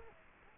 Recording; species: mosquito wingbeat signal from an infrared sensor; Culex quinquefasciatus